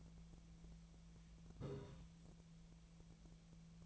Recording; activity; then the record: daily activity, microphone in the room; take from stove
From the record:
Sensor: 1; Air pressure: 1009.9 hPa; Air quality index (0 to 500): 188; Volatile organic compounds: 17 ppm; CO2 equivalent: 2586 ppm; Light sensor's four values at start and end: 37/95/40/48 and 37/95/40/48